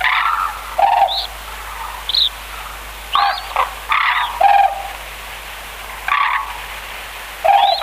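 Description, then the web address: White-naped crane calling: loud, ringing trumpeted notes at irregular intervals, mixed with short, rising, higher-pitched notes. "sikioto. manazuru"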